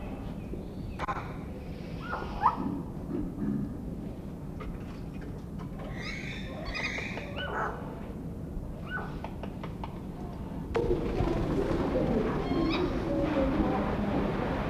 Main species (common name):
Wandering Whistling Duck